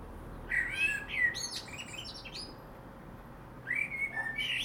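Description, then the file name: Common blackbird singing two phrases, each a mellow whistled warble that breaks into thin high twittering, separated by a pause of about two seconds, with a faint background hum. "Turdus merula"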